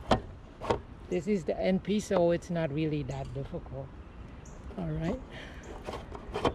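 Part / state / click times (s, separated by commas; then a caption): gutter end cap into the gutter end / partly seated / 6.5 s. A gutter end cap is slid onto the end of a gutter while someone talks, and a sharp knock is heard at 6.5 s as it goes on. The end cap is only partly in, not all the way, so it has to be pushed in further.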